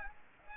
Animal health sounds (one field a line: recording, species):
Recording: mosquito wingbeat signal from an infrared sensor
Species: Aedes aegypti